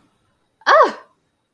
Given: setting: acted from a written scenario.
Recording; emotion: vocal sound without words; positive surprise